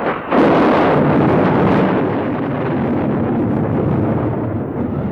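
A loud thunderclap bursts in as a storm breaks, after a brief moment, and rolls on as a heavy, sustained rumble for several seconds, steady and broad, with no voices.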